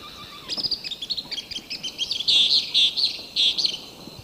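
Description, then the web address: Sulphury flycatcher giving a busy series of high squeaky notes that builds into louder, emphatic chirps, repeated in quick succession for about three seconds. Two birds singing and calling; recorded in the eastern lowlands of South America. "Natures Songs S America Eastern Lowlands. Tyrannopsis sulphurea, song and calls 2 birds"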